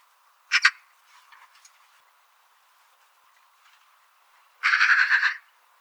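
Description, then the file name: Eurasian magpie call: a brief harsh double note, then a dry rattling chatter of rapid grating notes lasting under a second, with quiet gaps between. "Pica pica"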